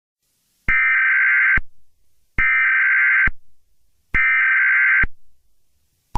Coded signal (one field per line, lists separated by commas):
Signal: Emergency Alert System (SAME) tones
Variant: header bursts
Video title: EAS scenario 9: Herobrine 3: The end is coming!